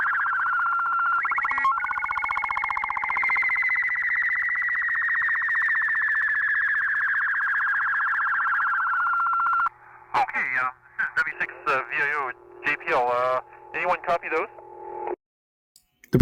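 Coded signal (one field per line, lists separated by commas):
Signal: SSTV (slow-scan television)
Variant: 8-second black and white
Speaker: So, uh, we'll go ahead and send this picture of, uh, the moon and Celadus. W6 VIO going video.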